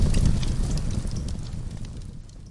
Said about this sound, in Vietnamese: ngọn lửa bùng lên dữ dội. Không biết xăng thiêu thứ gì mà ngọn lửa mang theo một luồng khói đen dày đặc.